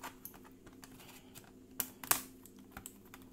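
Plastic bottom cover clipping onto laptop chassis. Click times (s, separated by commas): 1.8 s, 2.0 s, 2.1 s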